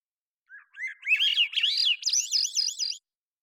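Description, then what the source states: Swainson's thrush singing one rising phrase: soft low opening notes, then rolling fluty trills climbing higher and higher to a bright, quavering finish. Single male singing, natural pace and rhythm kept, cleanly processed parabolic recording, Pacific Northwest, Washington, United States.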